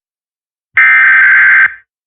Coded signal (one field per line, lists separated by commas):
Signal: Emergency Alert System (SAME) tones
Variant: header bursts